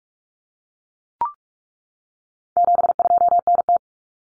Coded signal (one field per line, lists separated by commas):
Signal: Morse code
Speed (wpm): 44 wpm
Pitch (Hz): 700 Hz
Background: none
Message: 72NT